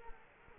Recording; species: mosquito wingbeat signal from an infrared sensor; Culex quinquefasciatus